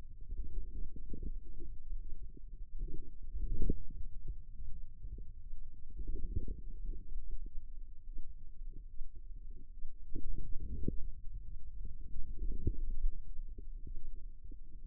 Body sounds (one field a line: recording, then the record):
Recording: forearm muscle sounds (acoustic myography)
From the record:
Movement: wrist flexion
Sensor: system 2, bracelet of six BSWA MPA416 microphones around the upper forearm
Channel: 5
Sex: female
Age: 25 years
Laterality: right